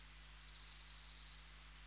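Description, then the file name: Steropleurus ortegai song: a rapid train of about fifteen sharp, very high-pitched ticking pulses lasting roughly a second, with quiet before and after. "Steropleurus ortegai"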